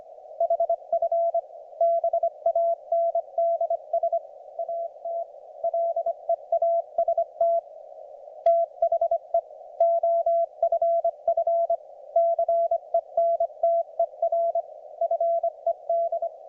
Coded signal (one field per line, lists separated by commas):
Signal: Morse code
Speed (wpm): 22 wpm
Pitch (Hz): 690 Hz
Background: none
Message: HF BANDS AT LEAST THE OFF CENTER FED